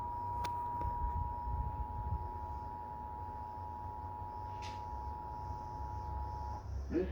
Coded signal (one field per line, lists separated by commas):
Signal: Emergency Alert System (SAME) tones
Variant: 853 and 960 Hz attention tone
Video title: EAS 205 - Flash Flood Warning